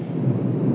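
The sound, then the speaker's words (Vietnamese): A deep, continuous rumble of thunder during a rainstorm rolls steadily through the whole short stretch, heard while a Buddhist Dharma talk is being recorded; loud and low-pitched with a dense noisy texture and no voices. “có những cái tiếng ồn ào, đó là tiếng sấm chớp.”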